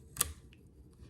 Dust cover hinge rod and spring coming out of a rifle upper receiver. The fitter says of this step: you probably heard it click just now but if you don't put your finger on it you run the risk of it